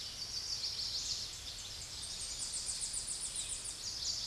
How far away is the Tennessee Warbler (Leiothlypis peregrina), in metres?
about 55 m